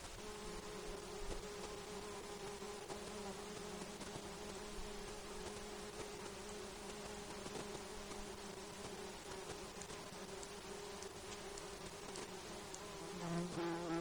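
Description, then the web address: Mosquito hum, a long unbroken drone with two steady tones, joined near the end by a louder passing whine, amid constant hiss and soft crackles. Alaska, recorded 10 August 2012 at 19:10. "INSECTS 20120810 191000. Mosquitos"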